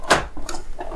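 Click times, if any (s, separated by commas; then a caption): 0.1 s. A drum unit with the toner cartridge installed is pushed into a Brother laser printer and snaps into place with a sharp plastic click at 0.1 s. Fainter knocks and rattles follow as it settles, and the drum unit ends up seated.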